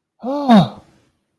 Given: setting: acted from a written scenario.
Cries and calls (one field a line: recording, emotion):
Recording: vocal sound without words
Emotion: elation